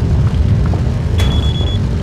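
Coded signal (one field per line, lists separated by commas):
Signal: none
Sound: game sound beeps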